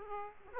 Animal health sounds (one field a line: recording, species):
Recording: mosquito wingbeat signal from an infrared sensor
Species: Aedes aegypti